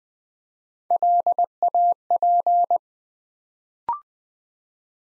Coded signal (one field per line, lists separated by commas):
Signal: Morse code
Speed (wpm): 20 wpm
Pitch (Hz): 700 Hz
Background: none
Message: LAP